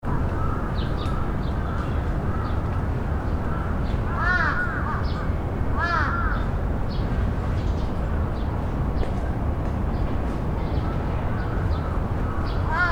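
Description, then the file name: Raven giving a few hoarse, arched calls in groups near four and six seconds, with fainter calls scattered elsewhere over a steady low rumble. "rabe"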